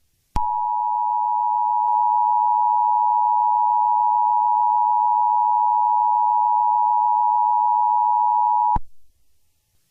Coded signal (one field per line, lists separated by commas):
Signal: Emergency Alert System (SAME) tones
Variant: 853 and 960 Hz attention tone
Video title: Tyrone Screams Over The Emergency Alert System/Grounded!